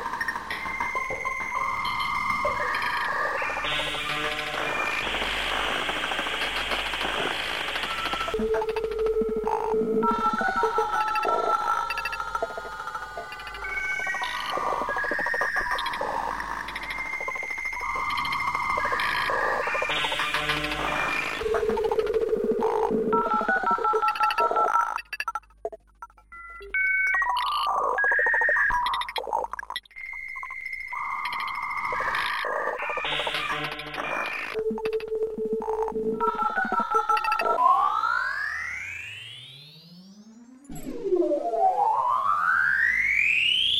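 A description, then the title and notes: Dial-up modem handshake sounds mix with steady tones and bursts of static, layered into a dense, shifting collage of beeps and hisses. Short tone patterns recur throughout, with brief dropouts near 25 and 40 seconds. The final seconds bring sweeping rising and falling whistles. Sound Connections is constructed from 3 distinctive sounds. The sound sources include morse code, a dial up modem “handshake” and a shortwave interval signal from Radio Canada International.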